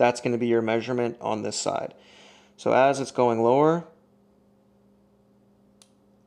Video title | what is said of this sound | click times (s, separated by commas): How I LOSE FAT and GAIN MUSCLE 💪🏼 | I hear it click and you can see | 5.8 s